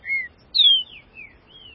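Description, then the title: Green-winged saltator whistles: a short level note, then a loud downslurred whistle trailing into softer falling and rising tones. "Trinca Ferro"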